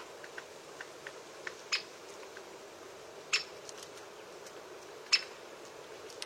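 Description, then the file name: Great spotted woodpecker calls: three loud, sharp single kik notes about every one and a half seconds, with faint soft ticks in between and a constant background hiss. "Canto do pica pau malhado grande"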